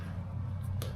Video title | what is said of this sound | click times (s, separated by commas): Offroad Alliance LED Light Bar Kit Installation Guide for SmartCap and other Truck Caps | they'll snap into place | 0.8 s